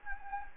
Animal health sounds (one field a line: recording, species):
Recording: mosquito wingbeat signal from an infrared sensor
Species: Anopheles gambiae